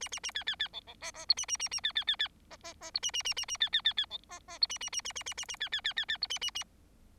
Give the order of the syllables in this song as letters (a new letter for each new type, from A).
A A A B B B C C D D E A A A A B B B B D D D E A A A A A B B B B C D D E A A A A A A A A B B B B B E A A A